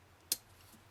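A little plastic heel piece on the foot joint of a Transformers Dark of the Moon Human Alliance Leadfoot action figure is pulled out on the other foot until it clicks into position. A single sharp plastic click sounds at 0.3 s against a quiet background, and the heel is seated in a better click position.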